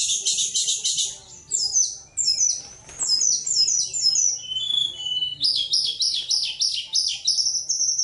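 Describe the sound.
Bird song of fast buzzy trills and chattering notes, ending with a rhythmic repeated phrase of high clipped whistles.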